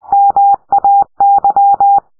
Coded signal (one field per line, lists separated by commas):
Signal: Morse code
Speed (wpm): 20 wpm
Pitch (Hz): 800 Hz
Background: none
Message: MAY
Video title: I found morse code in the files of thetruthlies (trailer tomorrow)